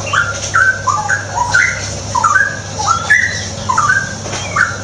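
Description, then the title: Straw-headed bulbul singing clear, mellow whistled phrases over a low background hum. Masteran song-tutoring recording for caged birds; described as clear quality, cucak rowo 'ropel gacor' song style. "mster Mnuk. Masteran Burung CUCAK ROWO. Cucak Rowo Ropel Gacor"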